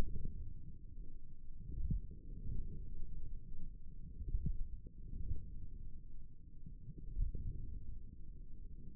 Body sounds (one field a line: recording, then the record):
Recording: forearm muscle sounds (acoustic myography)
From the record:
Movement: wrist flexion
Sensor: system 1, eight BSWA MPA416 microphones around the upper forearm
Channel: 1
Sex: male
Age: 28 years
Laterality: right